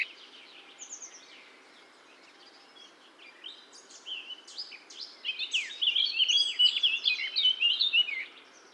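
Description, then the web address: Eurasian blackcap song: quiet, scratchy twittering that swells into a rapid, rich warble of high, fluted and sliding notes over the last few seconds, with faint background hiss. "SETE Sylvia atricapilla"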